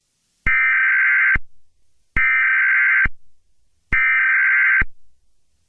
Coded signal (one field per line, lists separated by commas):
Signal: Emergency Alert System (SAME) tones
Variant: header bursts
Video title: EAS Alarm Pedophile Warning (Marked As Unrecognized Message)